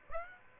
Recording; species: mosquito wingbeat signal from an infrared sensor; Aedes aegypti